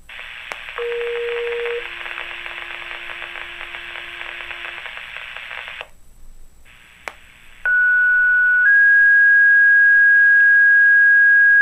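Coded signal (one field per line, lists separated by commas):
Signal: two-tone page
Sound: two steady tones in sequence over static, gap, then two more long tones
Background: radio static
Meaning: Test activation of fire/EMS pagers and sirens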